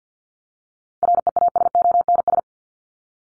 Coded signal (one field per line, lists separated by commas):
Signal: Morse code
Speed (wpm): 50 wpm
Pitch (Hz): 700 Hz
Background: none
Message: REASONS